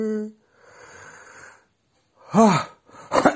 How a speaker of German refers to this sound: Ich muss nochmal, Leute. Ich breche auch gleich hier ab, weil das laufende Gähnen, das ist nicht so sexy.